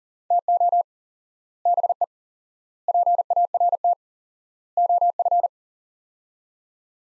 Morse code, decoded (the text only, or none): TO BE PART OF